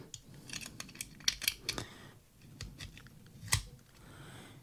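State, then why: Not seated. Someone tries to insert a magazine into the grip of a small Webley & Scott automatic pocket pistol, producing short, sharp metallic clicks and taps at about 1.3, 1.5, 1.7 and 3.5 seconds amid quieter handling rustle. The magazine fails to latch, and nothing has seated or clicked home.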